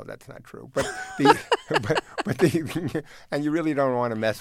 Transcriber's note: laughter